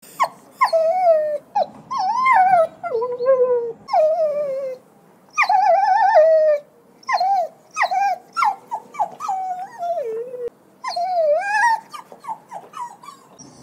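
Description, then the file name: Dog whimpering, high whiny cries that waver and fall in pitch, repeated in bursts of one to three with brief silent pauses. Puppy crying. "Tieng cho con keu khoc"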